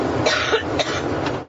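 Three short, harsh cough bursts come in quick succession over about a second and a half, over a steady low cabin hum on a plane. It is part of a terrible, repeated, forceful coughing fit in an adult.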